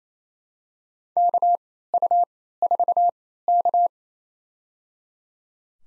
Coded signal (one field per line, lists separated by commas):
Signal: Morse code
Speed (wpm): 28 wpm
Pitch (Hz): 700 Hz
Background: none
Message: KU4K